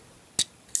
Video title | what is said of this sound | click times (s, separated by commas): Mastermind Creations Knight Morpher SCREECHER: EmGo's Transformers Reviews N' Stuff | basically bring this section down until it tabs in and locks into place, | 0.8 s